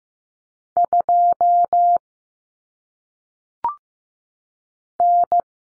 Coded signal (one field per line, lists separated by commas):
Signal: Morse code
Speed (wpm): 15 wpm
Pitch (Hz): 700 Hz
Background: none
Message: 2 N